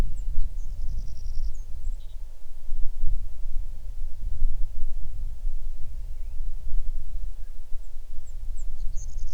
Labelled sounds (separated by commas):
songbird, wind